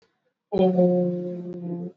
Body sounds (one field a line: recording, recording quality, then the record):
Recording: sustained vowel as in boot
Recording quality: excellent, no background noise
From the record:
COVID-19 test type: RT-PCR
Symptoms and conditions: cough, cold, fever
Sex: male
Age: 35 years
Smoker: no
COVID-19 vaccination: both doses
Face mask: worn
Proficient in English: yes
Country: India